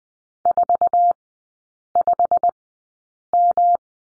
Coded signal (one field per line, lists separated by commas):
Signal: Morse code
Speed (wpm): 20 wpm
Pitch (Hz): 700 Hz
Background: none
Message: 45M